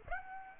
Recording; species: mosquito wingbeat signal from an infrared sensor; Aedes aegypti